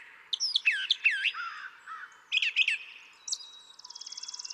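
Brown thrasher singing: slurred swooping notes and chips, then a new phrase, ending in a fast, even, buzzy trill.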